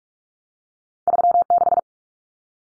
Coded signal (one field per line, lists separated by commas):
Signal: Morse code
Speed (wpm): 44 wpm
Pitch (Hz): 700 Hz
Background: none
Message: 36